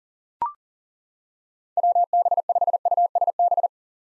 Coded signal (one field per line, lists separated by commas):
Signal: Morse code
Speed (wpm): 40 wpm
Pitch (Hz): 700 Hz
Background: none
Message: WB5USB